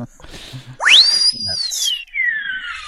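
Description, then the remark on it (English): A whistle is blown in one long, loud blast that swoops sharply up in pitch, holds, then slowly slides downward, with faint low rumbling just before it starts. “If you listen closely in that whistle, you'll hear some granules of a certain narcotic.”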